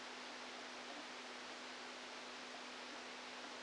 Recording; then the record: brain microelectrode recording played as sound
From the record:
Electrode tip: outside the subthalamic nucleus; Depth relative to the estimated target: -4 mm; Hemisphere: left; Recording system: NeuroSet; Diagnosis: Parkinson's disease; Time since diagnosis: 13 years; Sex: male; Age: 49 years